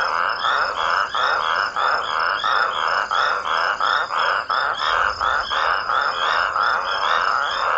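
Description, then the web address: Toads calling in a noisy chorus, rough pulsed croaks repeating rapidly and overlapping. Toads calling raucously. "smallsounds raucous-toads sotw"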